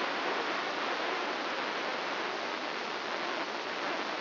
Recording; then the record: brain microelectrode recording played as sound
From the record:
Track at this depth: inside the subthalamic nucleus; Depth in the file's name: 1.805 mm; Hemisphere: right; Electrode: 2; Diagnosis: Parkinson's disease